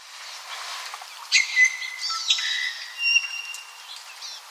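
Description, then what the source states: Apapane song: clear whistled notes at varied pitches mixed with buzzy, rattling phrases and short chips, sung in an uneven run over soft background hiss. Recorded on Maui, Hawaii, in August 2026.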